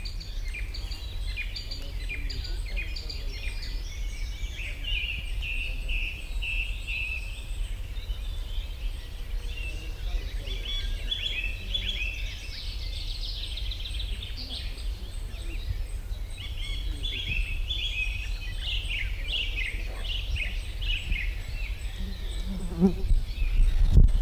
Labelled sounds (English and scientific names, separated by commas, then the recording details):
Song Thrush (Turdus philomelos)
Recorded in the wild
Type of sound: song, twittering, call, call sequence
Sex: male
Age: adult
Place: Kremmen, Brandenburg, DE
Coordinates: 52.76, 13.03
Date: 1995-06-03 15:26
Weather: heiter, 18-20°C
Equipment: Marantz CP 430, Sennheiser ME 80, Kopie Uher 4000 Report Monitor
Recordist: Tembrock, Günter
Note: Am See: Gesang